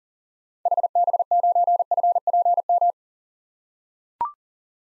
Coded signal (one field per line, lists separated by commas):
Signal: Morse code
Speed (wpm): 40 wpm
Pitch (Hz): 700 Hz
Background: none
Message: HB9FPM